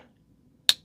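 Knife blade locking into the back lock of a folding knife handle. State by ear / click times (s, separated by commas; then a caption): seated / 0.7 s. The blade of a folding knife with a titanium and bone handle is swung open until its back lock engages. A single sharp, bright click sounds at 0.7 s over quiet low background noise. The back lock seats and locks the blade in place.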